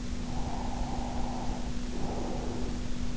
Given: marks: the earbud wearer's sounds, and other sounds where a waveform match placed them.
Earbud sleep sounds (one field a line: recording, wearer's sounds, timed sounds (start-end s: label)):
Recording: sounds in sleep by an in-ear microphone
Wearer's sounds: breath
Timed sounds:
0.16-3.07 s: breath